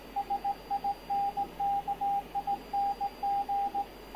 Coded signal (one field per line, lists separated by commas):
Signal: Morse code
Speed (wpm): 17 wpm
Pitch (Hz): 800 Hz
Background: radio noise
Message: SINKING